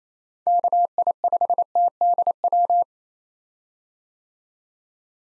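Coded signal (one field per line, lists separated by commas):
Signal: Morse code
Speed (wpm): 28 wpm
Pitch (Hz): 700 Hz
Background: none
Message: KI5TDW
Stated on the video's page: Morse drill of common POTA activator call signs at 28 wpm for head-copy practice, each sent, spoken, then sent again.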